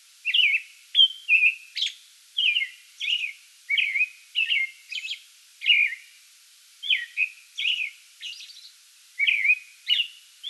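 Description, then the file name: American robin singing cheerily, rapid rising and falling warbled phrases in close succession with occasional high thin notes. Pre-dawn song bout, recorded 8 May 2022. "2022-05-08 American Robin pre-dawn song bout"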